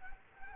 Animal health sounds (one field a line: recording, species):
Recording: mosquito wingbeat signal from an infrared sensor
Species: Culex quinquefasciatus